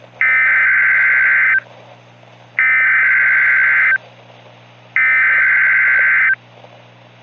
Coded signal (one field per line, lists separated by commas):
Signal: Emergency Alert System (SAME) tones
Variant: header bursts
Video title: EAS Scenario - The Large Tornado Alley